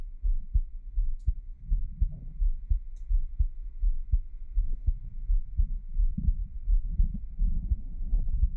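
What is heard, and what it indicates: A normal adult heartbeat, close-miked, played as ASMR with no talking.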